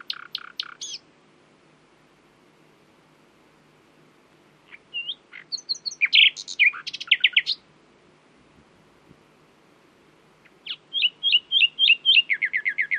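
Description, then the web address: Common nightingale song in three bursts separated by pauses: a short fast phrase, a jumbled varied passage, and a final rapid string of repeated notes. "owen Common Nightingale (Luscinia megarhynchos)"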